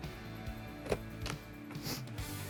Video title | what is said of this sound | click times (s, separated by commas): Unboxing and Assembling the R70 Smart Mop and Vacuum | Hear the click. You're good there. | 0.9 s, 1.3 s